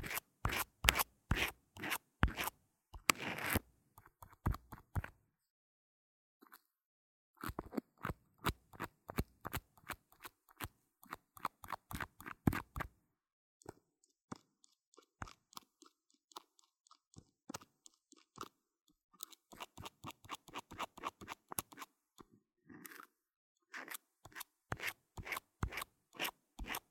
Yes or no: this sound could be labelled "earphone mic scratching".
yes